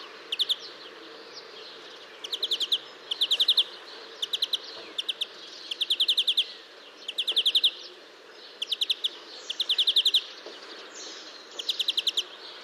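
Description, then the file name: European greenfinch, a steady run of short twittering trills, each a quick burst of clipped notes with brief pauses between, over a soft background hiss. "Chloris chloris"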